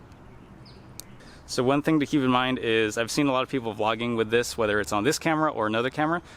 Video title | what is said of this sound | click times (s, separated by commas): Vlogging With The GoPro Hero 7 Black - Essential Gear & The Best Settings | It doesn't really matter which way, just make sure it's fully plugged in there until you hear the snap. | 1.0 s